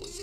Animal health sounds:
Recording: pig call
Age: weaner (32 to 43 days)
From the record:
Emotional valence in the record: negative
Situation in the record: novel object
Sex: female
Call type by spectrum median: high-frequency call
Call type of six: high-frequency stable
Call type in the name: high-frequency stable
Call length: 0.23 s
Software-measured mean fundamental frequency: 372 Hz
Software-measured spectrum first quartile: 333 Hz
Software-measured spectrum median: 2453 Hz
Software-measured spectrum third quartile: 5990 Hz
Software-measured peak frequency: 389 Hz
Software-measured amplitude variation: 82 dB a second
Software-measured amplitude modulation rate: 22.0 a second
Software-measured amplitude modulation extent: 3.7 dB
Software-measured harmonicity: 3.5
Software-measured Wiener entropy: -2.28

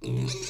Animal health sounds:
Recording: pig call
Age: weaner (32 to 43 days)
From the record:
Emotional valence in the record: negative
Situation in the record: short isolation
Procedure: open field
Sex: female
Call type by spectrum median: low-frequency call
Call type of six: mixed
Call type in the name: high-frequency modulated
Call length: 0.50 s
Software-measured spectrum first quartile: 168 Hz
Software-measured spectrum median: 674 Hz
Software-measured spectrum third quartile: 4734 Hz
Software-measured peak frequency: 379 Hz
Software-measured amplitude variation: 101 dB a second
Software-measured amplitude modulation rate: 29.1 a second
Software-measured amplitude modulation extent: 3.5 dB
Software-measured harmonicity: 4.6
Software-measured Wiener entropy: -3.58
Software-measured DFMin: 721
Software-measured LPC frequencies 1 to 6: 2444, 3898, 4937, 5648, 6476, 7566 Hz

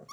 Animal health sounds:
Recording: pig call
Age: piglet (1 to 25 days)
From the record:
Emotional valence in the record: negative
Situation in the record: short isolation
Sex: female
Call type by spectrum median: low-frequency call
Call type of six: mixed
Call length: 0.13 s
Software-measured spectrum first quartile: 865 Hz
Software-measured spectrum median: 1687 Hz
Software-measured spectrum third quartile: 5471 Hz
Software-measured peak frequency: 1166 Hz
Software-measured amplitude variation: 253 dB a second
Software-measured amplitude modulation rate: 15.0 a second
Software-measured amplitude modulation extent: 16.9 dB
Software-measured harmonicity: 8.3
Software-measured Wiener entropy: -4.28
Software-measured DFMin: 789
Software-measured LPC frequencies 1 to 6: 519, 1149, 2203, 3458, 4488, 5644 Hz

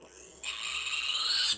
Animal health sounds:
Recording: pig call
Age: piglet (1 to 25 days)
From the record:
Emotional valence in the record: negative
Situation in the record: castration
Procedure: castration, shear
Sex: male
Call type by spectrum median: high-frequency call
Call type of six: mixed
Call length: 1.57 s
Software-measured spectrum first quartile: 3080 Hz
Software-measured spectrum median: 4138 Hz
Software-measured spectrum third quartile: 5838 Hz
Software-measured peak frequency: 4356 Hz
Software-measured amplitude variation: 141 dB a second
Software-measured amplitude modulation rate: 25.1 a second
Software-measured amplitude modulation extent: 5.6 dB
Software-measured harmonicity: 2.2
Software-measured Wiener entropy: -2.11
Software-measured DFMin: 1075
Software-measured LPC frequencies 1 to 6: 1330, 2733, 2958, 3855, 4344, 7380 Hz

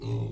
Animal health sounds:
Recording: pig call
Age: weaner (32 to 43 days)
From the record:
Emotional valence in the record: negative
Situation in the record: novel object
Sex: female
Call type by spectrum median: low-frequency call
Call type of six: low-frequency stable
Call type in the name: low-frequency stable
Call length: 0.32 s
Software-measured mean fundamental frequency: 57 Hz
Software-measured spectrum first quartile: 113 Hz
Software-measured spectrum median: 172 Hz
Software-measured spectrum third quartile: 453 Hz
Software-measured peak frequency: 114 Hz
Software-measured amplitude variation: 88 dB a second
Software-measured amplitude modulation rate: 21.8 a second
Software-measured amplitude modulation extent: 4.1 dB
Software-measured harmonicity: 5.5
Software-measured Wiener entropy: -0.61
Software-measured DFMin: 1152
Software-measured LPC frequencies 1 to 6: 269, 850, 2632, 3802, 5578, 6428 Hz

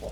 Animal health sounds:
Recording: pig call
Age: piglet (1 to 25 days)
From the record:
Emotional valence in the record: positive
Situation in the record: after nursing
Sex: male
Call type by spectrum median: low-frequency call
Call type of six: low-frequency stable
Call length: 0.12 s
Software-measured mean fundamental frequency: 52 Hz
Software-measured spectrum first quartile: 134 Hz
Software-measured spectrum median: 463 Hz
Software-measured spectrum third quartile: 768 Hz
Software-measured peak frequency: 571 Hz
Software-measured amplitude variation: 72 dB a second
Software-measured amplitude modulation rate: 4.1 a second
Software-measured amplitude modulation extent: 17.4 dB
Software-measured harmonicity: 3.1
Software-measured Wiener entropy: -0.58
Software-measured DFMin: 898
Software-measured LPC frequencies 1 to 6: 585, 2166, 2835, 3434, 4890, 6300 Hz

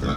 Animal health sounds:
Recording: pig call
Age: growing-finishing pig (85 days or more)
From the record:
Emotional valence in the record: positive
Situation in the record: run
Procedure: transit

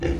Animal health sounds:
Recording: pig call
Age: growing-finishing pig (85 days or more)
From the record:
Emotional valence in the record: negative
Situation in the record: barren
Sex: female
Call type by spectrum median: low-frequency call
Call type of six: low-frequency stable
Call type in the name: low-frequency stable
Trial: 2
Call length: 0.20 s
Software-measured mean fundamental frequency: 51 Hz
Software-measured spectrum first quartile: 92 Hz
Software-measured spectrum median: 284 Hz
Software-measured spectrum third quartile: 508 Hz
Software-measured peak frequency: 70 Hz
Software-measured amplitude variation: 128 dB a second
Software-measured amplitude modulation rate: 22.8 a second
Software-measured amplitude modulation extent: 5.6 dB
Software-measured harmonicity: 0.6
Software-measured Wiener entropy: -0.61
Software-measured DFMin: 824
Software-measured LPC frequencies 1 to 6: 420, 1785, 2756, 4986, 5803, 6810 Hz

